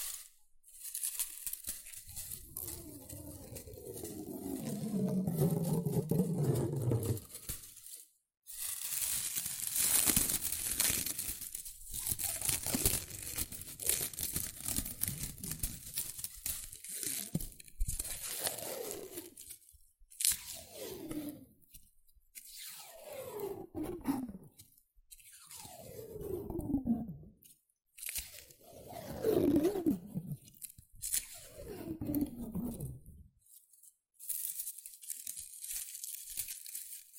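Shredded tissue and packing peanuts rustle and crinkle in dense, crackly handfuls. A long continuous stretch of scrunching runs through the first eight seconds, then the sound breaks into separate bursts every couple of seconds, each with a quick squeaky sweep, separated by brief silences.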